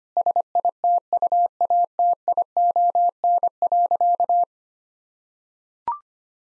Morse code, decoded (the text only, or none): SITUATION.